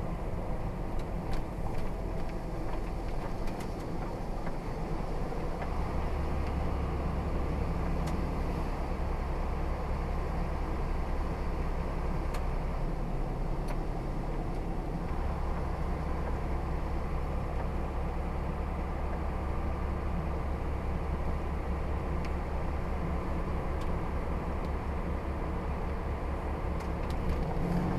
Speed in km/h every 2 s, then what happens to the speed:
34, 35, 35, 35, 34, 34, 34, 34, 35, 37, 37, 37, 35, 35.
0-28 steady at about 35.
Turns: 0-12.